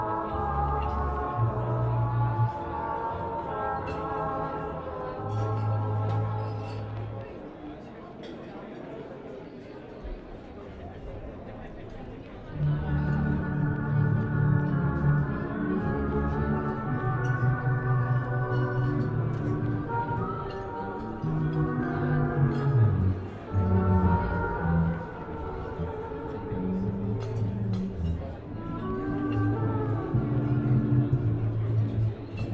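Old-time music plays in a coffee shop with steady bass notes and sustained chords, dipping quieter around ten seconds, light chatter underneath.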